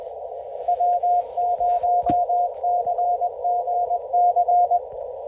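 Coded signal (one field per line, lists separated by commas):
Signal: Morse code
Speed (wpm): 18 wpm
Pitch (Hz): 700 Hz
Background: radio noise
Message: W0CGC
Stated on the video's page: QRP CW Parks on the Air activation using a Yaesu FT-891 at 5 watts, ATAS-120A antenna on a Jeep, keyed with 3D printed paddles.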